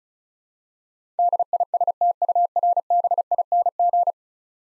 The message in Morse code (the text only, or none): DISTURBING